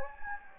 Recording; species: mosquito wingbeat signal from an infrared sensor; Anopheles gambiae